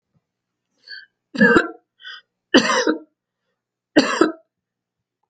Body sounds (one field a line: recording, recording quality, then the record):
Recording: shallow voluntary cough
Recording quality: excellent, no background noise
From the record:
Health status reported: healthy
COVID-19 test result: negative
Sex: female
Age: 46 years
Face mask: not worn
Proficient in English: yes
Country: United States